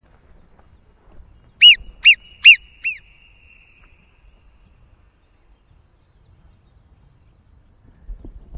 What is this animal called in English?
Alpine Marmot